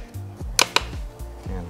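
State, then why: Seated. A carbon fiber replacement mirror cap for a 2020-2024 MK5 Toyota GR Supra is lined up on the car's side mirror housing and pressed until its tabs click in, with music playing underneath. Two sharp clicks sound at 0.6 s and 0.8 s as the cap seats fully and is installed.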